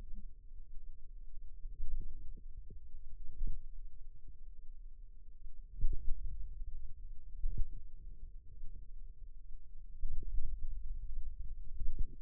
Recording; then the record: forearm muscle sounds (acoustic myography)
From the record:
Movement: finger pinch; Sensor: system 2, bracelet of six BSWA MPA416 microphones around the upper forearm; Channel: 6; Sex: female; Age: 22 years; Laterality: right